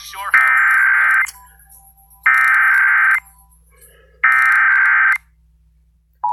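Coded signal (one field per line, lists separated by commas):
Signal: Emergency Alert System (SAME) tones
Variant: header bursts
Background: speech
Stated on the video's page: Statewide Required Monthly Tests taken from TV stations during a snowstorm; imperfect sound quality with some background noise.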